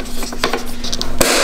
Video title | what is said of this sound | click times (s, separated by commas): How to install Roof Crossbars on 2018 Toyota C-HR XLE [ Project C-HR VLOG 26 ] | you go if you heard that click meaning it's secured so | 1.2 s